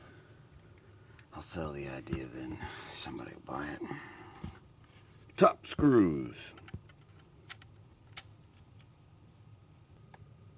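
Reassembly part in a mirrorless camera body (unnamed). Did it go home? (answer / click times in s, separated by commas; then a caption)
no / none. During reassembly of a Canon R5 mirrorless camera body after a screen (LCD) replacement, someone talks while working on the top screws, with faint handling noises and a few small ticks. The unnamed part has not seated or clicked into place yet by the end of the clip.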